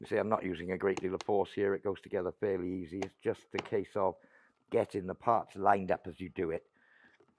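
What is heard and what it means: A plastic grass box panel is pressed by hand onto the grass box frame of a Hyundai HY2193 20V MAX cordless lawn mower, with the parts being lined up as it goes together. Someone talks throughout, with brief quiet gaps near 4.5 seconds and at the end. Nothing has seated or clicked yet.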